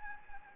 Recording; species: mosquito wingbeat signal from an infrared sensor; Anopheles gambiae